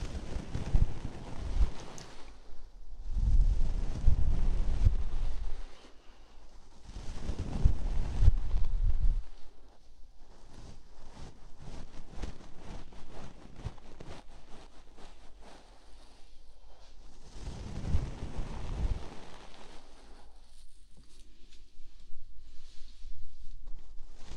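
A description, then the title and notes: Gentle brushing during an ear cleaning massage, with soft rustling strokes that swell into heavier, rumbling sweeps around 0–2, 3–5, 7–9 and 17–19 seconds. Between these, lighter crackly scratching and ticking continue at a low, steady level. Massage Gentle Brush Ear Cleaning.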